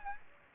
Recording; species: mosquito wingbeat signal from an infrared sensor; Aedes aegypti